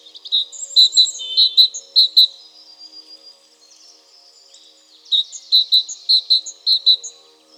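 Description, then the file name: Great tit calls come as two bursts of sharp, clipped high notes, each of several quick pips, with a quiet pause of roughly three seconds between them. "Parus major"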